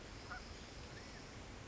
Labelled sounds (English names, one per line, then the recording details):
California Quail
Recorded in Sonoma County, California